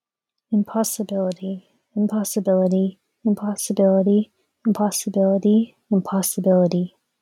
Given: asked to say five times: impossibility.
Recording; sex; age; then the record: repeated word; female; 20 to 29 years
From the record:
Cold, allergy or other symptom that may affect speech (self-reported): no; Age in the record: 22 years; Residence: California, United States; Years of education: 17